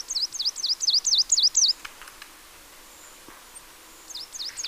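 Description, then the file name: Marsh tit calling a fast, even string of about seven high, swooping chips, a pause of about two seconds, then three more at the end. "Poecile palustris"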